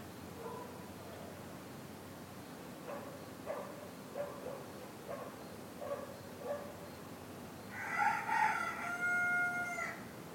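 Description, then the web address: Rooster crowing near the end, after a series of short, soft notes; the crow is loud, drawn-out and harmonic. Roosters crowing in the morning. "the sound pack tree. morning with cockcrows"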